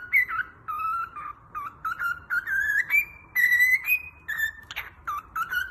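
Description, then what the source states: Cockatiel whistling a tune of level and gently rising notes, some held longer, ending with quicker short whistles. Several cockatiels, whistling song.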